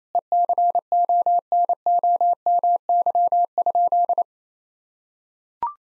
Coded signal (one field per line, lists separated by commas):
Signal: Morse code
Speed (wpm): 28 wpm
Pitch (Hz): 700 Hz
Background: none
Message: ECONOMY?